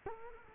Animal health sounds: mosquito wingbeat signal from an infrared sensor; Culex quinquefasciatus

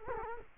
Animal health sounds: mosquito wingbeat signal from an infrared sensor; Culex quinquefasciatus

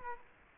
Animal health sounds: mosquito wingbeat signal from an infrared sensor; Culex quinquefasciatus

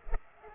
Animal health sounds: mosquito wingbeat signal from an infrared sensor; Culex pipiens

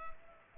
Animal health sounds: mosquito wingbeat signal from an infrared sensor; Culex pipiens

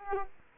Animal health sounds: mosquito wingbeat signal from an infrared sensor; Culex quinquefasciatus

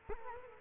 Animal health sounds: mosquito wingbeat signal from an infrared sensor; Culex quinquefasciatus

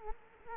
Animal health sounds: mosquito wingbeat signal from an infrared sensor; Culex quinquefasciatus

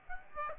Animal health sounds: mosquito wingbeat signal from an infrared sensor; Aedes aegypti

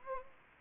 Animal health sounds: mosquito wingbeat signal from an infrared sensor; Anopheles gambiae

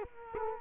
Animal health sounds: mosquito wingbeat signal from an infrared sensor; Culex quinquefasciatus

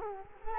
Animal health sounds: mosquito wingbeat signal from an infrared sensor; Culex quinquefasciatus

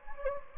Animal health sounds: mosquito wingbeat signal from an infrared sensor; Anopheles gambiae

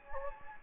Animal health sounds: mosquito wingbeat signal from an infrared sensor; Anopheles gambiae

